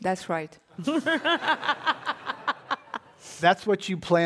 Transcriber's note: laughter